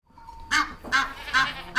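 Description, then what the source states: Goose honking: four loud, brief, harsh nasal honks in quick succession. Geese in a farmyard.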